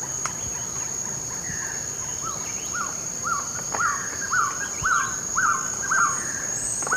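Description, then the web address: Violaceous trogon duet: a series of short, repeated cooing notes, about two per second, building in loudness, with other bird calls and a steady high whine. Pair singing a duet in the eastern lowlands of South America. "Natures Songs S America Eastern Lowlands Trogon violaceus, duet"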